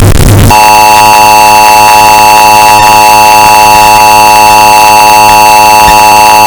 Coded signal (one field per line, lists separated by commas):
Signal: Emergency Alert System (SAME) tones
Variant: 853 and 960 Hz attention tone